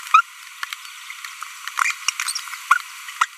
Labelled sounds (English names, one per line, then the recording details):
Green-rumped Parrotlet babbling
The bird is a female
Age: 25 days
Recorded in a nest box in Venezuela
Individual 17B42B1